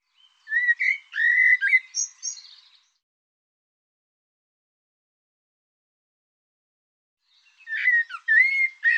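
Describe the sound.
Bird song: a rambling warbled phrase with a couple of high chirps, a long silence, then another warbling phrase beginning.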